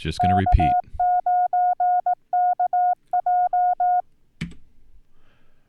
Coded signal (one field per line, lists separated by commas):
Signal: Morse code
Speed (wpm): 18 wpm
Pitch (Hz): 720 Hz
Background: none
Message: K9KJ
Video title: Setting up N1MM with CW